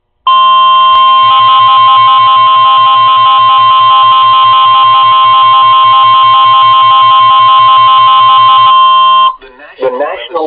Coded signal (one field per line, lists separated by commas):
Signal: Emergency Alert System (SAME) tones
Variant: 1050 Hz attention tone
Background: speech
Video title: Eas alerts vid